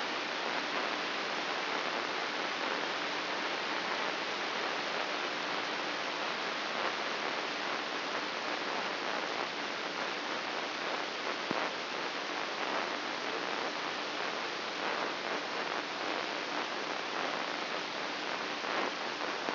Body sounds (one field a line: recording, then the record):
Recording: brain microelectrode recording played as sound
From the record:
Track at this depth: outside the subthalamic nucleus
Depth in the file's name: 6.661 mm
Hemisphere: left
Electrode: 3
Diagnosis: Parkinson's disease